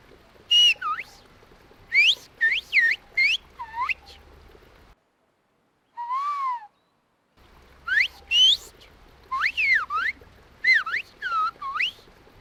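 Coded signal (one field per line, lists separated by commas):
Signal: whistled language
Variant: whistled Béarnais of Aas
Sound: clear human whistles sliding up and down in short phrases, with pauses between exchanges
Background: quiet outdoor ambience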